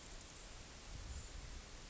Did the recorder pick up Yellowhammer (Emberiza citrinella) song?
no